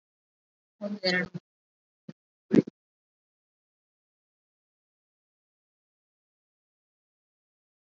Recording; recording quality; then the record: counting at a fast pace; poor, much background noise or distortion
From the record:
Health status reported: COVID-19 positive, mild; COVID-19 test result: positive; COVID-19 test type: RT-PCR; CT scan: not taken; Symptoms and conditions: fever, fatigue, muscle pain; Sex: female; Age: 30 years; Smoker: no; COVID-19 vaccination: both doses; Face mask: worn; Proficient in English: no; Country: India